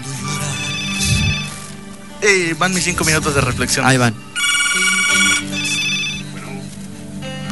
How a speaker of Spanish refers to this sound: por favor, contesta el teléfono.